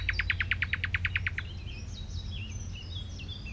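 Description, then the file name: Common nightingale song: a fast burst of loud repeated notes, then softer varied twittering phrases, over low background hum. "Luscinia megarhynchos"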